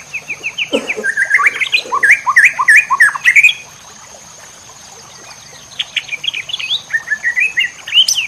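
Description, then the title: White-rumped shama song: rapid runs of loud, varied rising and falling notes, a short pause, then more quick chattering phrases over a steady high-pitched hum. Cage-bird training (masteran) recording in the labaik style. "MASTERAN MURAI BATU LABAIK"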